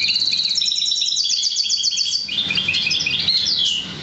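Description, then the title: Oriental magpie-robin song, a rapid high trill followed by varied whistled and chattering notes. "Kicau Kacer"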